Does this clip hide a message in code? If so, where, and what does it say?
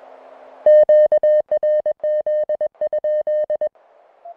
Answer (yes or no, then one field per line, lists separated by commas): yes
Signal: Morse code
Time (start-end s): 0.7-3.7 s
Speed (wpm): 21 wpm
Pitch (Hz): 610 Hz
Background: music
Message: QRZ?